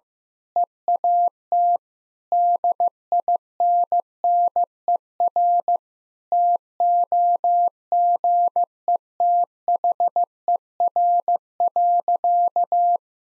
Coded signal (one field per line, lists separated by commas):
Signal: Morse code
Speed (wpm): 15 wpm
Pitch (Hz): 700 Hz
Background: none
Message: EAT DINNER TOGETHER.